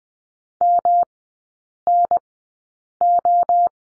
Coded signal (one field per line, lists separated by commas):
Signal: Morse code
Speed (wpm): 20 wpm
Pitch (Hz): 700 Hz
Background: none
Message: MNO